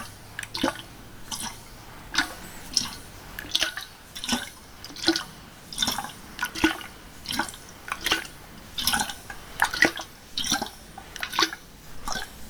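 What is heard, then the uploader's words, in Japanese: Water sounds, made of a steady run of drips and splashes falling roughly every half second to second across the clip. Each drop is a short bright plink with a soft watery spatter, over a faint, constant trickling hiss underneath. 水の音。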